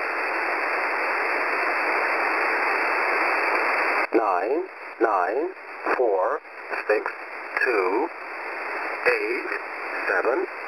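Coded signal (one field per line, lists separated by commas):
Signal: numbers station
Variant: E07a English Man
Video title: E07a English Man 11153kHz 0800 UTC 05/09/2020 - 99 Group Message!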